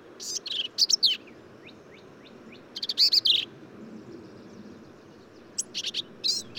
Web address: songs Black-capped Vireo